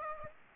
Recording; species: mosquito wingbeat signal from an infrared sensor; Aedes aegypti